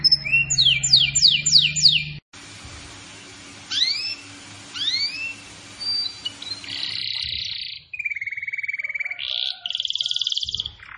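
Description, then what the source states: Canary giving quick sweeping notes, then hiss-filled gap with scattered upslurred chirps before buzzy trills and clear whistled phrases resume. Canary in vigorous, continuous song, described as gacor.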